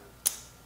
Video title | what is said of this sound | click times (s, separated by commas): Aircraft Builders - Rivet Guns and Drill Guides | then locks in place and again the spring is really there to keep it from flat across the room | 0.3 s